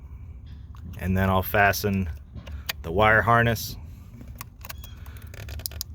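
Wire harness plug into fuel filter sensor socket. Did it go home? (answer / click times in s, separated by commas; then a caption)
yes / 5.7 s, 5.8 s. On a Mercedes-Benz E250, the wire harness connector is pushed onto the sensor socket of a new diesel fuel filter while someone talks. After some small handling noises, two sharp clicks at 5.7 s and 5.8 s mark the connector latching into place.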